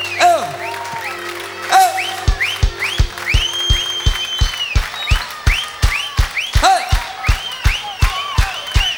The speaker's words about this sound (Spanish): A ver las palmas. Todos.